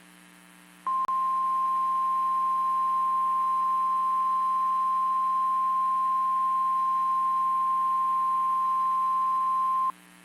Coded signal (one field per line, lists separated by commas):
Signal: Emergency Alert System (SAME) tones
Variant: 1050 Hz attention tone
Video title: Severe Thunderstorm Warning Texas Noaa Weather Radio Station WXK 38 Amarillo TX 8/25/26